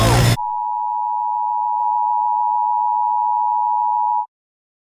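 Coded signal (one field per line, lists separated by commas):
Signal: Emergency Alert System (SAME) tones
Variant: 853 and 960 Hz attention tone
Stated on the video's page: Fictional EAS scenario using valid EAS tones.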